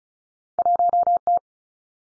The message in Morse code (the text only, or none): 1 T